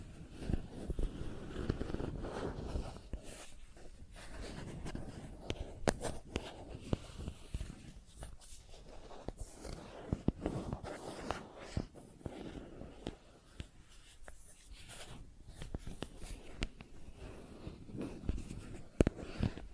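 Plastic objects tap and scratch irregularly throughout, with frequent sharp clicks and softer rustling scrapes over a low, uneven rumble.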